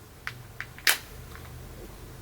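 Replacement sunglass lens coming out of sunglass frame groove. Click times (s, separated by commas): 0.3 s, 0.9 s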